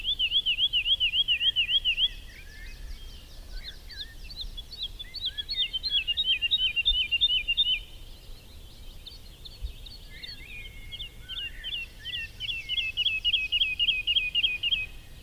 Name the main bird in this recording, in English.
Wood Lark